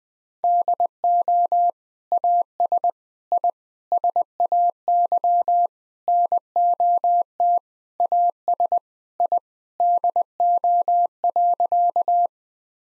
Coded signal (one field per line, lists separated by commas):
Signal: Morse code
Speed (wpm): 20 wpm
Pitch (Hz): 700 Hz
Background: none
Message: DO AS I SAY NOT AS I DO.